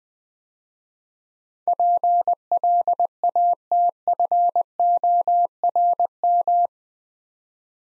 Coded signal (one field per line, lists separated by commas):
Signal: Morse code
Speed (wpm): 21 wpm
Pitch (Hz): 700 Hz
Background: none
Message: PLATFORM